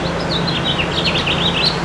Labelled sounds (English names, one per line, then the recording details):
House Finch song
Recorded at Patchogue on Long Island, New York, on 21 June 2013
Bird B